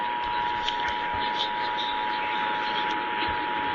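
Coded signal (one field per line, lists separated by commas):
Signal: Emergency Alert System (SAME) tones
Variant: 853 and 960 Hz attention tone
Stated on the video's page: EAS tests from December, including relays from KLIX in South Idaho for the RMT, some DX alerts and HD alerts.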